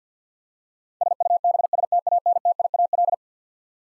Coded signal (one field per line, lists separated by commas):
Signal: Morse code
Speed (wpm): 50 wpm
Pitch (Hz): 700 Hz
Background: none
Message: SUBSTANTIAL